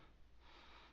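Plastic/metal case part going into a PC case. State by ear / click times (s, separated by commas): not seated / none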